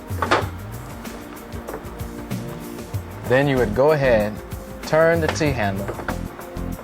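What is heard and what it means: Someone talks over background music while handling the T-handle of a closed metal storm shutter, whose hook is meant to lock into the shutter frame. A few short knocks sound, the sharpest near the start. The hook has not locked or seated yet; nothing has clicked into place by the end.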